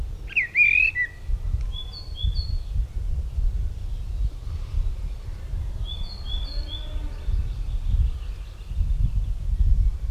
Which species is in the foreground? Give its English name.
Mistle Thrush